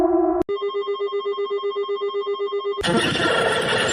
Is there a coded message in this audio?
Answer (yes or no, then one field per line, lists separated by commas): no